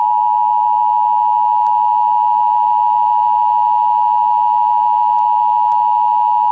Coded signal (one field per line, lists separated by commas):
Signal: Emergency Alert System (SAME) tones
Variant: 853 and 960 Hz attention tone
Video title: EAS Scenario | The Creature.